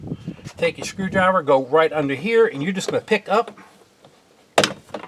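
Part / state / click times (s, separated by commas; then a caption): trim panel retaining clip in a truck door / released / 4.6 s. Someone talks while a flat blade screwdriver is slipped under a plastic door trim panel near the outside passenger mirror of a 2002 Ford F250 Super Duty truck and pried upward. The trim panel's retaining clip pops loose with a sharp crack at 4.6 s, and the clip is released.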